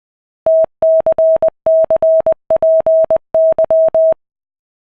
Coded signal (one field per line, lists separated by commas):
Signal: Morse code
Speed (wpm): 20 wpm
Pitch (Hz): 640 Hz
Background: none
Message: TCCPY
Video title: RufzXP - Giving it a go - AD0WE